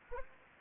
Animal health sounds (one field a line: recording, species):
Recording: mosquito wingbeat signal from an infrared sensor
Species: Anopheles arabiensis